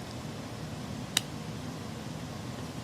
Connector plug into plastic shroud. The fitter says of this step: there we go snapped in give it a few pulls make sure don't pull too hard cuz you'll pull these wires right out